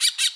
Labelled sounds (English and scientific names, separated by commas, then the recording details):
Brown-throated Parakeet (Eupsittula pertinax) contact call
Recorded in Bonaire
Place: just S of turnoff to Cai, near Lac Bay
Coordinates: 12.126, -68.239